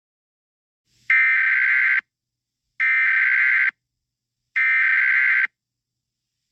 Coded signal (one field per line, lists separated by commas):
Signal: Emergency Alert System (SAME) tones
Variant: header bursts